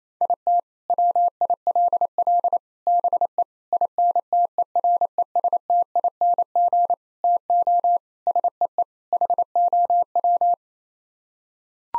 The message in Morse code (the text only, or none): IT WILL BE INTERESTING TO SEE HOW